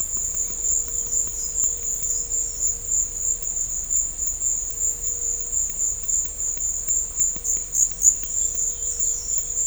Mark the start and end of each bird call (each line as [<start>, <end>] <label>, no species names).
[0.60, 2.73] bird call
[8.76, 9.48] bird call